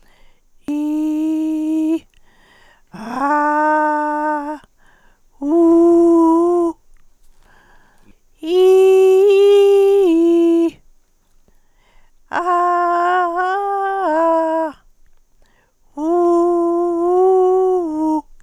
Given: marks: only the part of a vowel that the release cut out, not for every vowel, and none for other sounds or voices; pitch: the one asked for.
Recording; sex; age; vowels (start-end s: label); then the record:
sustained vowels; female; 60 to 69 years
0.89-1.88 s: vowel /i/, low pitch
3.32-4.37 s: vowel /a/, low pitch
5.73-6.60 s: vowel /u/, low pitch
8.59-10.63 s: vowel /i/, low-high-low pitch
12.49-14.51 s: vowel /a/, low-high-low pitch
16.09-18.14 s: vowel /u/, low-high-low pitch
From the record:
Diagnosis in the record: recurrent laryngeal nerve paralysis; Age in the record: 68 years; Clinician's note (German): Frische strumiprive, mit inkompletter Kompensation